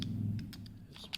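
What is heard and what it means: A metal emergency key blade is pushed back into a plastic Honda key fob housing after a CR-2032 battery change. Sharp clicks sound at 0.0 s and 1.2 s, with a few fainter ticks between them over a low hum. The blade seats back into the fob.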